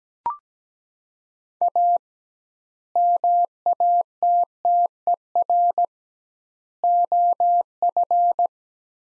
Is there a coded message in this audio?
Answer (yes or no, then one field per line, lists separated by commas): yes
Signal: Morse code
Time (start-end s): 1.6-8.5 s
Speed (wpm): 17 wpm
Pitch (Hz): 700 Hz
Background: none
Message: A MATTER OF